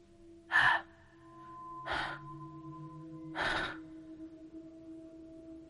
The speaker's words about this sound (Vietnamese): Cầm hình nhân giấy lên, Hàn Phi còn chưa kịp mở ra hòm đồ, đã nghe thấy đằng sau lưng có tiếng thở phì phò.